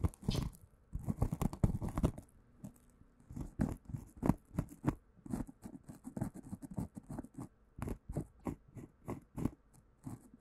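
Bubble wrap packaging is handled and squeezed, giving dense crinkling and sharp popping crackles through the first two seconds. After that the sounds come as separate crisp crunches and taps in a loose, fairly regular rhythm until the end, with a faint steady hum underneath.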